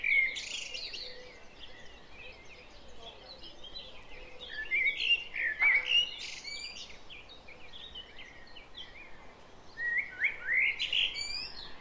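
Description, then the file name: Common blackbird song: scattered fluty whistles and high twittering notes in bursts, with fainter chirps between. "Turdus merula"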